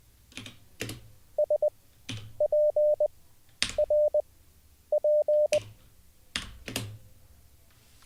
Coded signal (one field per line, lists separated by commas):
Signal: Morse code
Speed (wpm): 20 wpm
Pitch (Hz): 600 Hz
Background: none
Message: S P R P